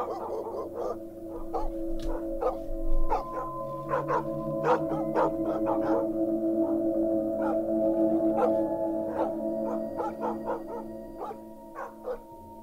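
A pack of village dogs barks continuously at night in overlapping, irregular bursts, sharp yaps and bow-wows tumbling over one another above a steady low hum, with no one talking.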